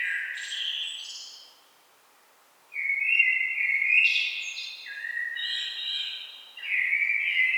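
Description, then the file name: Common blackbird: a fluty phrase with high squeaky notes, a short silence, then a long, mellow warble of rich whistled notes. "Turdus merula"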